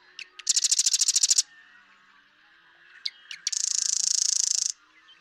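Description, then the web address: Marsh Wren song: a few ticking notes, then a rapid buzzy rattle of repeated notes, a pause, and a second longer rattling trill. "birdsongforthecurious Marsh Wren"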